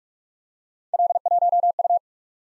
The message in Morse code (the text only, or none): L1U